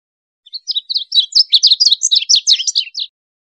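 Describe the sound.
Bird calling in a rapid, jumbled run of high chirps and twittering notes, about two and a half seconds long, on a silent background.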